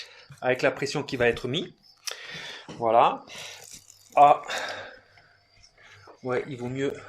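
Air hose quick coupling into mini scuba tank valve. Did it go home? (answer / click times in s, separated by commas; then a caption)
yes / 2.1 s. Someone talks while opening the safety sleeve on an air hose quick coupling and pushing the hose onto the valve of a SMACO Mini Scuba tank so it locks and cannot come off under pressure. A single sharp snap is heard at 2.1 s, and the talking continues afterward. The coupling is seated and locked onto the tank.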